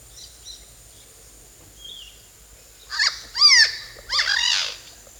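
Bird calls: a few faint high notes at first, then three loud, harsh, downward-sliding calls with rich overtones given in quick succession.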